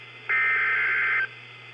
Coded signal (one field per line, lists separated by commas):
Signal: Emergency Alert System (SAME) tones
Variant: header bursts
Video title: Maryland Statewide Tornado Drill (EAS #335)